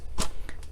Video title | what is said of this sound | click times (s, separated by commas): Journey Blooms Paper Trimmer | just simply press that button and pops out and you extend it and it locks into place there | 0.2 s